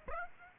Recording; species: mosquito wingbeat signal from an infrared sensor; Aedes aegypti